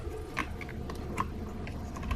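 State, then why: Not seated. A wiring harness connector is handled at the new power window switch of a 2011–2018 VW Jetta Mk6, with a few small ticks and light handling noise over a steady low hum. Nothing has seated or clicked yet; the clip ends just before the connector snaps home.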